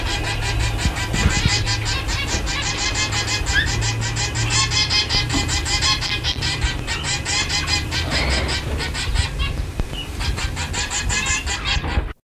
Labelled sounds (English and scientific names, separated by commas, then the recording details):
Zebra Finch (Taeniopygia guttata) call
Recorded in captivity
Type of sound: call
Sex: female
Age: adult
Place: Zoo Hannover, Niedersachsen, DE
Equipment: Halbspur, 9,5 cm/s
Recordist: Lütgens, Hans
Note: Zebraweibchen aggressiv